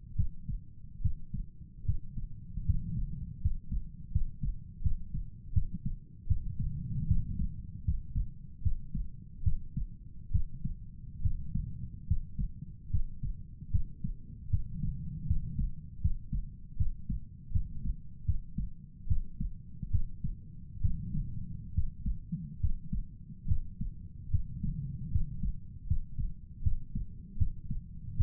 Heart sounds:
heart sounds by stethoscope; 75 bpm
0.16 s: heartbeat
1.01 s: heartbeat
1.85 s: heartbeat
2.65 s: heartbeat
3.41 s: heartbeat
4.11 s: heartbeat
4.82 s: heartbeat
5.53 s: heartbeat
6.27 s: heartbeat
7.07 s: heartbeat
7.84 s: heartbeat
8.62 s: heartbeat
9.43 s: heartbeat
10.31 s: heartbeat
11.22 s: heartbeat
12.07 s: heartbeat
12.90 s: heartbeat
13.71 s: heartbeat
14.50 s: heartbeat
15.27 s: heartbeat
16.01 s: heartbeat
16.77 s: heartbeat
17.52 s: heartbeat
18.25 s: heartbeat
19.07 s: heartbeat
19.91 s: heartbeat
20.81 s: heartbeat
21.74 s: heartbeat
22.60 s: heartbeat
23.47 s: heartbeat
24.30 s: heartbeat
25.11 s: heartbeat
25.87 s: heartbeat
26.62 s: heartbeat
27.37 s: heartbeat
28.16 s: heartbeat
From the record:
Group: healthy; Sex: male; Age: 35 years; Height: 178 cm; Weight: 64 kg

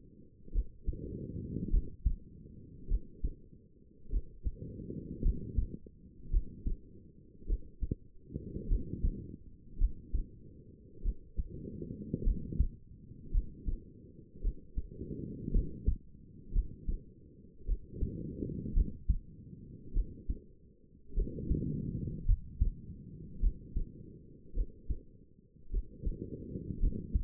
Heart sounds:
heart sounds by stethoscope; 53 bpm
0.53 s: heartbeat
1.71 s: heartbeat
2.89 s: heartbeat
4.11 s: heartbeat
5.23 s: heartbeat
6.31 s: heartbeat
7.47 s: heartbeat
8.69 s: heartbeat
9.79 s: heartbeat
11.03 s: heartbeat
12.24 s: heartbeat
13.32 s: heartbeat
14.42 s: heartbeat
15.52 s: heartbeat
16.53 s: heartbeat
17.66 s: heartbeat
18.74 s: heartbeat
19.94 s: heartbeat
21.15 s: heartbeat
22.26 s: heartbeat
23.41 s: heartbeat
24.55 s: heartbeat
25.71 s: heartbeat
26.80 s: heartbeat
From the record:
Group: healthy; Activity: rest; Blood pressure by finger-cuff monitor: 97/58 mmHg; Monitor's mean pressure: 70 mmHg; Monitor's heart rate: 53 bpm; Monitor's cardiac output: 4.8 L/min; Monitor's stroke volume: 94 mL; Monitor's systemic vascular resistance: 1060 dyn s/cm5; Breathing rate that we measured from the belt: 17 breaths a minute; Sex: female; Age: 28 years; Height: 170 cm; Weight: 77 kg

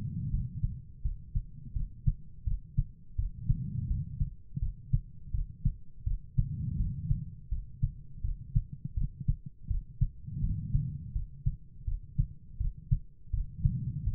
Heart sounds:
heart sounds by stethoscope; 83 bpm
0.30 s: heartbeat
1.01 s: heartbeat
1.72 s: heartbeat
2.43 s: heartbeat
3.15 s: heartbeat
3.87 s: heartbeat
4.58 s: heartbeat
5.31 s: heartbeat
6.03 s: heartbeat
6.76 s: heartbeat
7.48 s: heartbeat
8.21 s: heartbeat
8.94 s: heartbeat
9.67 s: heartbeat
10.40 s: heartbeat
11.12 s: heartbeat
11.84 s: heartbeat
12.57 s: heartbeat
13.30 s: heartbeat
14.03 s: heartbeat
From the record:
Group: healthy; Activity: rest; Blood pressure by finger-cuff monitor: 91/56 mmHg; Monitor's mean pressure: 70 mmHg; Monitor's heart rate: 83 bpm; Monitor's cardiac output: 6.4 L/min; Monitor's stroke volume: 77 mL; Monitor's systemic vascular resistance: 780 dyn s/cm5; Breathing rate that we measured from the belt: 18 breaths a minute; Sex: female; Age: 43 years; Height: 160 cm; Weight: 90 kg

